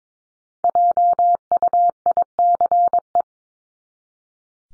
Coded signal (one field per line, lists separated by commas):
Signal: Morse code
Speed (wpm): 22 wpm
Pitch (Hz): 700 Hz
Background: none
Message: JUICE